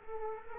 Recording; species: mosquito wingbeat signal from an infrared sensor; Culex quinquefasciatus